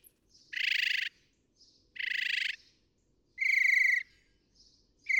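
Northern mockingbird song: loud harsh rasping phrases about half a second each, separated by pauses, with faint soft notes between them.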